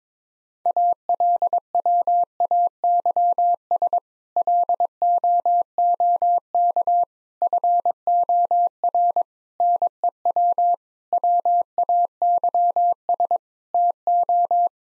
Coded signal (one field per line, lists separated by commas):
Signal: Morse code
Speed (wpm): 22 wpm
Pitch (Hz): 700 Hz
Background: none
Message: ALWAYS LOOK FOR NEW WAYS TO